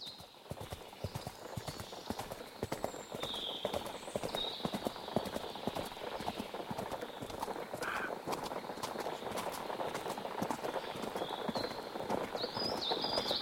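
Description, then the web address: Horse hoofbeats, a dense, continuous drumming of many galloping hooves, with a few faint high chirps in the background. A herd of horses galloping. "Pferde Galoppierende Herde"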